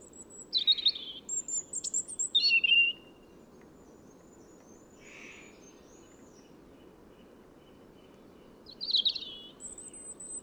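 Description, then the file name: European robin giving fast, high warbling phrases at the start, a soft note midway, then another sparkling burst near nine seconds, low hum beneath. "Erithacus rubecula"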